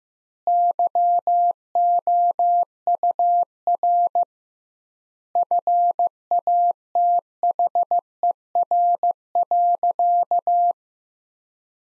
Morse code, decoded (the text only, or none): YOUR FATHER.